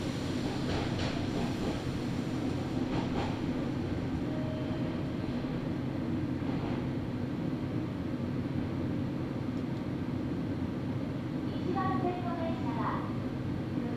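A train rolls along with a steady, dense low rumble that barely changes in loudness over the whole stretch. Soft clattering bursts come through around the first few seconds and near seven seconds, and brief tonal squeals or chirps appear near twelve to thirteen seconds.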